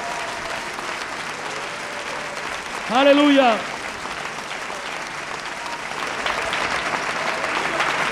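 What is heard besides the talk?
audience applauding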